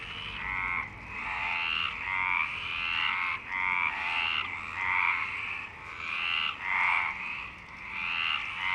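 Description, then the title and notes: Overlapping frog croaks, raspy and ratcheting, rising and falling in loudness. Frogs in Parc Longchamp, Marseille, Provence-Alpes-Côte d'Azur, France, 26 March 2011 at 19:35, recorded with a MixPre-6 and Basic UCHO. "Marseille, Provence-Alpes-Côte d'Azur, France - 26_03_11_19_35 Longchamps_004 grenouilles. Grenouilles au parc de Longchamp"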